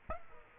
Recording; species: mosquito wingbeat signal from an infrared sensor; Culex quinquefasciatus